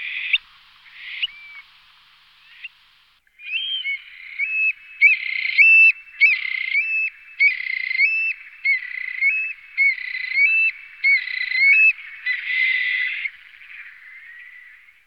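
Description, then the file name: Eurasian stone-curlew giving a long excited series of shrill, wailing whistled calls in quick succession, trailing off at the end. "Dytik uhorni Burhinus oedicnemus"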